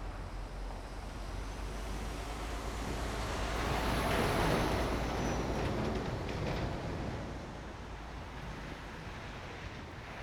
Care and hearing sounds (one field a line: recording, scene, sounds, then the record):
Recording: everyday scene through a hearing-aid microphone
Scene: in traffic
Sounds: traffic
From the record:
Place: main road on the outskirts, rush hour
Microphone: behind the ear, right, front